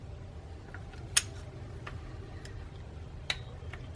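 A bolt on the lift plate is tightened into an aluminum engine block with a click-type torque wrench set to 11 ft-lb. Faint ticks and a sharp tick at 1.2 s sound over a low background hum, then the wrench gives a crisp click at 3.3 s. This confirms the 11 ft-lb setting has been reached.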